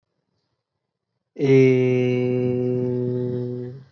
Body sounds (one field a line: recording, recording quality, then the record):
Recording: sustained vowel as in made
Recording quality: excellent, no background noise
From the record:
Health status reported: healthy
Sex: male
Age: 26 years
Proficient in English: yes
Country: India